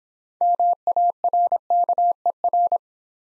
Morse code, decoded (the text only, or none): MARKER